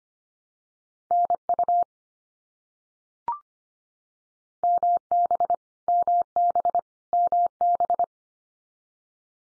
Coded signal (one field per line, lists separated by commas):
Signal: Morse code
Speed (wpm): 25 wpm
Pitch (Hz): 700 Hz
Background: none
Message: NU MB MB MB